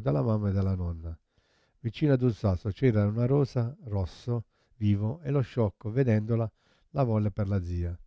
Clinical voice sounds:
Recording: read passage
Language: Italian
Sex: male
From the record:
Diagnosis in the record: Parkinson's disease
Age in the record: 71 years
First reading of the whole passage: 50 s, 10.4 characters per second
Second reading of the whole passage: 45 s, 11.4 characters per second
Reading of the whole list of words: 37 s, 7.6 characters per second

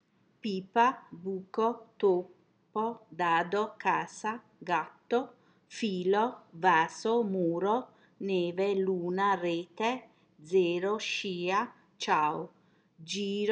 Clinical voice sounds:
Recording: read list of words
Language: Italian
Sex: female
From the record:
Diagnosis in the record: healthy control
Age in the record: 60 years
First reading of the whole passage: 59 s, 7.9 characters per second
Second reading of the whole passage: 55 s, 8.5 characters per second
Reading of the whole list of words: 44 s, 6.4 characters per second

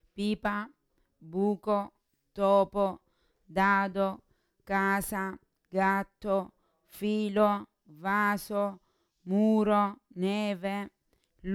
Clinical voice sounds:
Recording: read list of words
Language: Italian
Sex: female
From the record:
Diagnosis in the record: Parkinson's disease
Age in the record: 40 years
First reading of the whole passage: 61 s, 7.8 characters per second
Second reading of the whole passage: 52 s, 9.9 characters per second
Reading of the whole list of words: 55 s, 5.1 characters per second

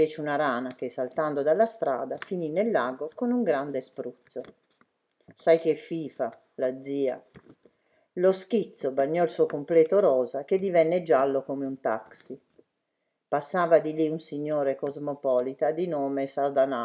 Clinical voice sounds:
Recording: read passage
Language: Italian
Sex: female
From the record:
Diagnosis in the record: healthy control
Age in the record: 69 years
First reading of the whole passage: 64 s, 7.9 characters per second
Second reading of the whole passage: 54 s, 9.5 characters per second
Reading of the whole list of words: 33 s, 8.4 characters per second

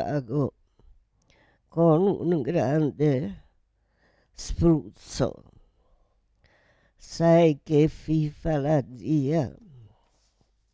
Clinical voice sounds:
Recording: read passage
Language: Italian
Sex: female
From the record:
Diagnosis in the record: Parkinson's disease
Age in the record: 78 years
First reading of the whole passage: 164 s, 3.2 characters per second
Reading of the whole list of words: 108 s, 2.6 characters per second

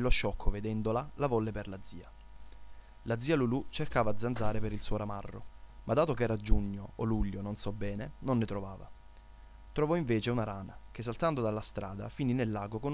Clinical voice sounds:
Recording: read passage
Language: Italian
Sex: male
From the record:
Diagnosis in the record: healthy control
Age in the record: 20 years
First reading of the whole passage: 40 s, 12.9 characters per second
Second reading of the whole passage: 40 s, 12.9 characters per second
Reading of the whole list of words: 47 s, 6.0 characters per second

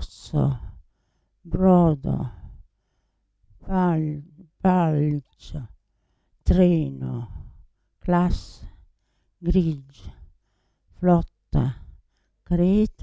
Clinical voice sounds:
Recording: read list of words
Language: Italian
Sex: female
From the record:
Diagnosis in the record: Parkinson's disease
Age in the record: 80 years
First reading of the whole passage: 169 s, 3.1 characters per second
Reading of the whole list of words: 101 s, 2.8 characters per second

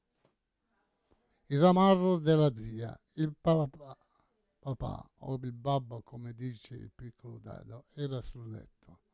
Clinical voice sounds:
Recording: read passage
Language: Italian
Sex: male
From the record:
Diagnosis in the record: Parkinson's disease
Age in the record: 68 years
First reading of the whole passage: 85 s, 6.1 characters per second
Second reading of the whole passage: 63 s, 8.2 characters per second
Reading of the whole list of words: 49 s, 5.8 characters per second

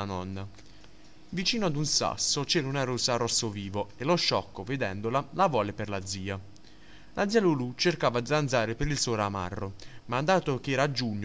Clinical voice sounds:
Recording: read passage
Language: Italian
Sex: male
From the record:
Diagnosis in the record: healthy control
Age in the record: 19 years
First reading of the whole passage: 43 s, 12.0 characters per second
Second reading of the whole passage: 41 s, 12.5 characters per second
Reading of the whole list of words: 37 s, 7.7 characters per second

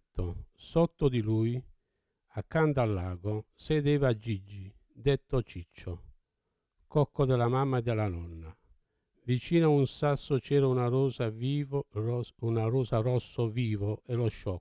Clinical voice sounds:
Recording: read passage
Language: Italian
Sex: male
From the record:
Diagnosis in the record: Parkinson's disease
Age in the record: 70 years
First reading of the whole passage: 68 s, 7.6 characters per second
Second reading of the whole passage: 61 s, 8.4 characters per second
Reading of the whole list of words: 64 s, 4.4 characters per second

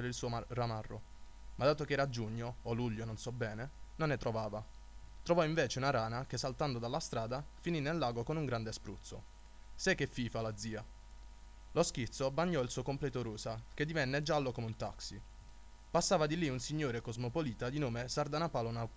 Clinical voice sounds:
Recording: read passage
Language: Italian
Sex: male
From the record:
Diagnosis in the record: healthy control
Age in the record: 20 years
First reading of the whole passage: 41 s, 12.5 characters per second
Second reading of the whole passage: 40 s, 12.9 characters per second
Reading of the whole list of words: 46 s, 6.1 characters per second

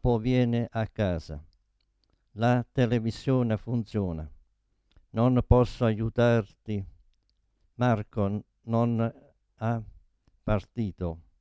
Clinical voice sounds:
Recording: read phrases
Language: Italian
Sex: male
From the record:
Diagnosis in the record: Parkinson's disease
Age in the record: 72 years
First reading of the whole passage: 118 s, 4.4 characters per second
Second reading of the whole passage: 99 s, 5.2 characters per second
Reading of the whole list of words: 88 s, 3.2 characters per second

